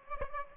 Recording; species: mosquito wingbeat signal from an infrared sensor; Aedes aegypti